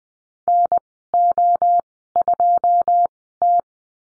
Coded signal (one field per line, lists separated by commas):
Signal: Morse code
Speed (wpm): 20 wpm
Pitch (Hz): 700 Hz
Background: none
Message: NO2T